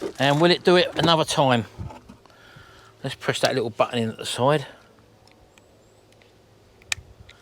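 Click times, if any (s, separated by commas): 6.9 s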